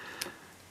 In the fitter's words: not super sharp but but fairly sharp it does lock into place